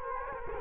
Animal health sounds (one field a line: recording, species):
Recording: mosquito wingbeat signal from an infrared sensor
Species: Culex quinquefasciatus